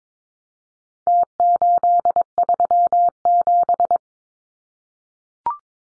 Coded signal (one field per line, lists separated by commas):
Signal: Morse code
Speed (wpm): 22 wpm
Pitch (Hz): 700 Hz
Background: none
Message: T837